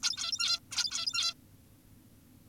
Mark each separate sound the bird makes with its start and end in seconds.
0.03-0.60, 0.71-1.34